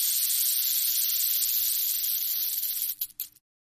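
Rattlesnake rattling, a steady dry high-pitched buzz that holds for about three seconds, then breaks into a few short sputtering bursts before stopping.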